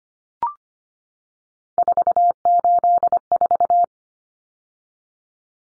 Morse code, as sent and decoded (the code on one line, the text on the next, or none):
....- ---.. ....-
484